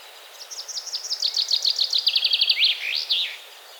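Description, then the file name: Common chaffinch song with thin, rapid notes falling in pitch as they quicken, finishing with two loud, slurred flourish notes. "Fringilla coelebs"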